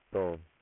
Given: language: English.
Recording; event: throat vibration sensor signal played as sound; speech